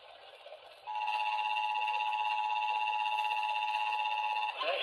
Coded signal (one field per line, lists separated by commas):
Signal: Emergency Alert System (SAME) tones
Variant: 853 and 960 Hz attention tone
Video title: DAY IN THE NIGHT OR MORNING OF FREAKING OF LOTS... EAS Alerts from 3/15/25 (EAS#3,099 - #3,109)